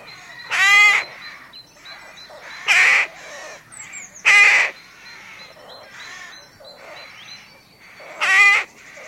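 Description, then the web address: Rook caws: harsh, raspy calls in four loud bursts at uneven intervals, with a steady background of softer chattering and cawing from many other rooks. Rookery colony with nests holding nestlings. "Sound Effects-BBC Rooks"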